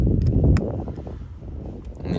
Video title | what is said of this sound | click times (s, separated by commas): how to repair iPhone 14 power button flex - narrated walkthrough | you should hear an audible click | 0.6 s